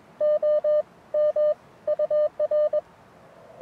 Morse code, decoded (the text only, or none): OM UR